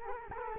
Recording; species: mosquito wingbeat signal from an infrared sensor; Culex quinquefasciatus